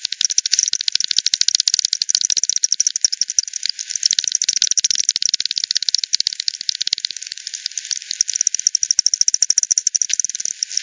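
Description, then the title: Echolocating bats produce a steady, fast patter of clicks throughout, several overlapping trains with an even, buzzing rhythm. Several bats at Hogsmill River, Hogsmill Lane, 7 October 2020, 18:10; bat detector recording, frequency-divided by 10, band-pass filtered and resampled. "WW bat 20201007 T 18 : 10 Z-Hogsmill-Lane-Hogsmill-River-multiple-bats"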